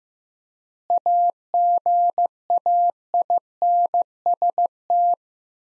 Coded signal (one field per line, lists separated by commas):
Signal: Morse code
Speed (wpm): 15 wpm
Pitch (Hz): 700 Hz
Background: none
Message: AGAINST